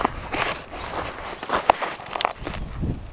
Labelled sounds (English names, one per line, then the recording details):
Superb Starling flight call
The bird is a female
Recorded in Kenya on 18 July 2010
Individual 118, of group WDB